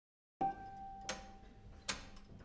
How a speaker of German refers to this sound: Die Wanduhr schnurrte dazwischen lauter und lauter, aber sie konnte nicht schlagen.